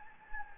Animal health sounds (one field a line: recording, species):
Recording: mosquito wingbeat signal from an infrared sensor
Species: Anopheles gambiae